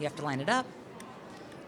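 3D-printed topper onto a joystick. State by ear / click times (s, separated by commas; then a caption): seated / 1.0 s. A 3D-printed plastic topper is lined up and pushed onto an adaptive joystick while someone talks. A short, sharp click is heard at 1.0 s as the topper seats in place.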